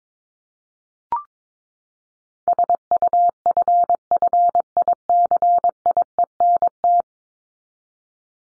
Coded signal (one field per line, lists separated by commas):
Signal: Morse code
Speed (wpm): 22 wpm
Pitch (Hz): 700 Hz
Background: none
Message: SUFFICIENT